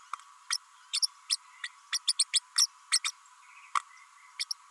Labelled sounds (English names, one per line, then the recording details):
Green-rumped Parrotlet babbling
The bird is a female
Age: 32 days
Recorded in a nest box in Venezuela
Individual 17B32A5